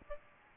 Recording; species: mosquito wingbeat signal from an infrared sensor; Aedes aegypti